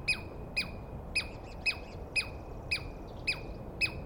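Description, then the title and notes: Douglas squirrel chirps, sharp and descending, about two per second, with faint softer chatter between some calls. Douglas pine squirrel screaming at dawn, morning of 21 April 2017, East Cascades; calling at length at the recordist, identified by sound without a good look. "On the morning of 21 April, 2017, I set up my microphones and recorder for a nice dawn recording in the East Cascades. I was started awake by a screaming Douglas Pine Squirrel"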